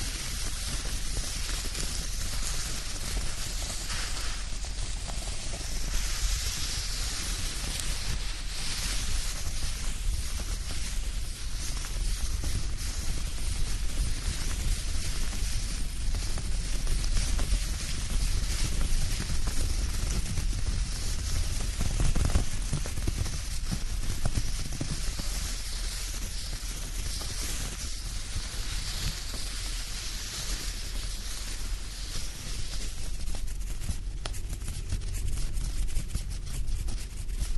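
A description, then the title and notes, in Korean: A dried blanket rustles and slides in a continuous, dense hiss with a soft low rumble underneath, steady for the whole length. Brief sharper crinkles stand out around 22 seconds, and quicker scratchy brushing gathers over the last few seconds. 스르륵 이불 소리. 잘 말린 이불 속에서 사각사각.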